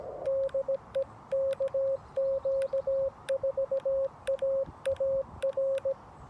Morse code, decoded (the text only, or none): DE KQ4AAR